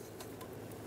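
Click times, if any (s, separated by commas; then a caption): none. A plastic wiring harness connector is being pressed onto a new ignition coil pack on a 2006-2010 Ford Explorer. A steady low hum is heard with faint, brief handling rustles around 0.2, 0.4 and 0.7 seconds. The connector has not clicked or seated yet.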